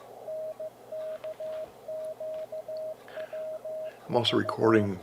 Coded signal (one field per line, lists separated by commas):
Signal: Morse code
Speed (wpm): 15 wpm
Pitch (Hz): 630 Hz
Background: speech, radio noise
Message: NKQWV